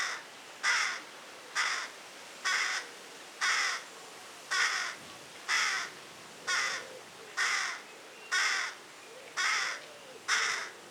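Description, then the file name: Carrion crow calling with a long series of about twelve hoarse caws, spaced evenly close to one per second. "Corvus corone"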